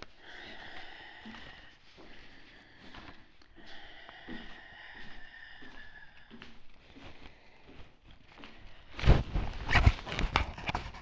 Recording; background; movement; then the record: deep breathing; quiet; walking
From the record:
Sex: female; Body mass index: 25.5 kg/m2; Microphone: on the chest, facing the body